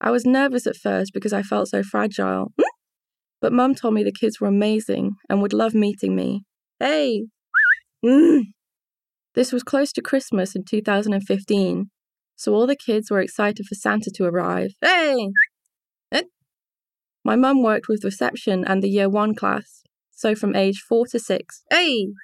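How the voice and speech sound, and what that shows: An adult woman reads aloud fluently, her narration repeatedly broken by three sudden, isolated shouts of "Hey!": vocal tics of Tourette syndrome.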